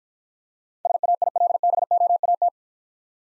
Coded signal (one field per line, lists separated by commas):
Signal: Morse code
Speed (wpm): 49 wpm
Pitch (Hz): 700 Hz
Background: none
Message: SAILBOAT